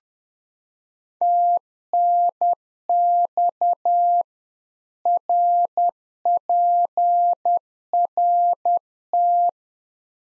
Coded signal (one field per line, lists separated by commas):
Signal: Morse code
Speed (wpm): 10 wpm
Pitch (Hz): 700 Hz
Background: none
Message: TNX RPRT